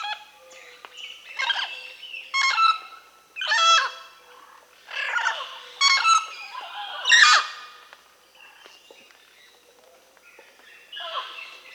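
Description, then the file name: Mealy parrot uttering a series of loud, raucous, throaty squawks and chuckles in quick bursts over eight seconds, then quieter chatter before one final call. Recorded in Peru and Bolivia, Amazon region. "Mealy Parrot (Amazona farinosa), Peru, Bolivia"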